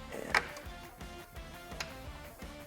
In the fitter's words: Hear that little click, and it goes right in.